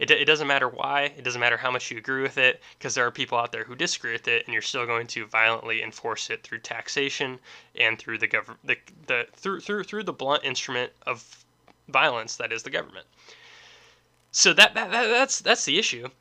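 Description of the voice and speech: An adult man who stutters and stammers speaks in a fairly quick monologue broken by whole-word repetitions. He repeats "the" twice, "through" three times and "that/that's" about five times, with short stalls before he moves on. These repetitions fit stuttering.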